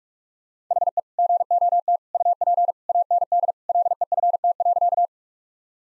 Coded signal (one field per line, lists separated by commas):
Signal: Morse code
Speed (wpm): 46 wpm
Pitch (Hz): 700 Hz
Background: none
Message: HE GOT UP AND LEFT.